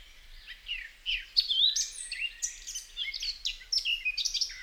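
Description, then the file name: Eurasian blackcap singing a rich, fast warble of mixed fluty whistles, slurred notes and brief chatter, running on without a break. "Sylvia atricapilla"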